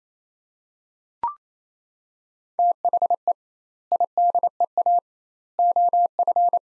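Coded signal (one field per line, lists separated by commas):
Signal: Morse code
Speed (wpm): 27 wpm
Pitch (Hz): 700 Hz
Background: none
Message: THE IDEA OF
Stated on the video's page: Morse practice of three-word sets at 28 wpm with 2x word spacing, a Farnsworth-like method applied to words, each set sent twice.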